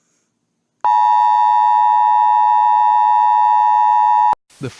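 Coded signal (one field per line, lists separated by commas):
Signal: Emergency Alert System (SAME) tones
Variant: 853 and 960 Hz attention tone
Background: speech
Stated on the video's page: Fictional EAS scenario about shootings, not a real alert.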